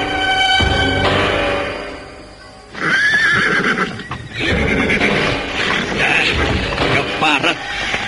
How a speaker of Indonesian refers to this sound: ada yang mendekati kita. Tiga ekor kuda itu bergerak semakin mendekati perkemahan para perampok di tengah padang ilalang karautan.